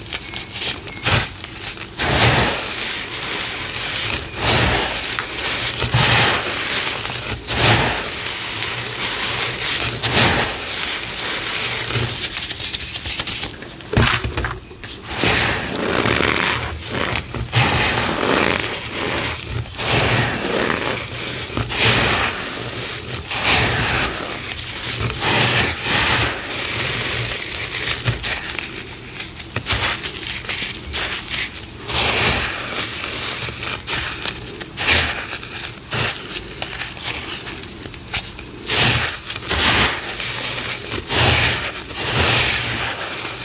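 Citric acid sizzles and powdery crunching go on almost without pause, a dense, bright crackle of quick pops and grainy rustles. Around fourteen seconds the sound briefly drops away, then the busy fizzing resumes at a steady level to the end.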